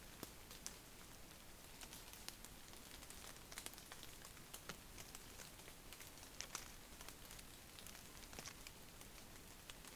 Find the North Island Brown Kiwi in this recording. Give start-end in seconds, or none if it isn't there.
none